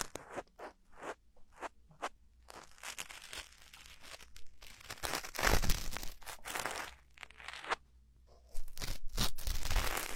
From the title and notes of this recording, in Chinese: 掏耳朵2.0。